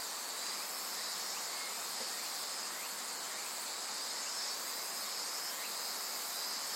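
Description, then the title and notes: Insects keep up an unbroken high, shimmering chorus of layered trills, with a few faint short chirps showing through. Various insects in a forest thick with trees beside the Azusa River, Shinano River system, Shinshu, Japan. "信州、川の森の音. 信濃川水系、梓川へやってきました。 川のそばには木々が生い茂る森があり、いろんな虫たちの声を聴くことができました。"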